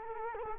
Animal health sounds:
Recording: mosquito wingbeat signal from an infrared sensor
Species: Culex quinquefasciatus

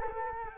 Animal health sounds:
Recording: mosquito wingbeat signal from an infrared sensor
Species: Culex quinquefasciatus

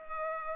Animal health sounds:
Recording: mosquito wingbeat signal from an infrared sensor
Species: Culex pipiens

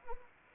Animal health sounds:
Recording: mosquito wingbeat signal from an infrared sensor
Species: Anopheles arabiensis

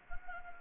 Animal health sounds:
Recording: mosquito wingbeat signal from an infrared sensor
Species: Anopheles gambiae

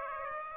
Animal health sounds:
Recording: mosquito wingbeat signal from an infrared sensor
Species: Aedes aegypti

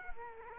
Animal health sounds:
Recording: mosquito wingbeat signal from an infrared sensor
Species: Culex quinquefasciatus

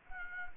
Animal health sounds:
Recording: mosquito wingbeat signal from an infrared sensor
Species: Anopheles gambiae

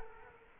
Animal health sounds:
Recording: mosquito wingbeat signal from an infrared sensor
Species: Culex quinquefasciatus

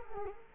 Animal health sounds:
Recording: mosquito wingbeat signal from an infrared sensor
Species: Culex quinquefasciatus

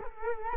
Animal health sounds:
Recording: mosquito wingbeat signal from an infrared sensor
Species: Culex quinquefasciatus

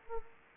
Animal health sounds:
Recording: mosquito wingbeat signal from an infrared sensor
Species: Anopheles gambiae

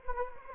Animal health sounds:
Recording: mosquito wingbeat signal from an infrared sensor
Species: Anopheles gambiae

